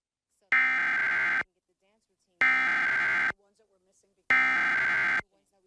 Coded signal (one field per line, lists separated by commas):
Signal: Emergency Alert System (SAME) tones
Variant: header bursts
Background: speech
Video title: KASN Tornado Warning EAS (4/28/2026)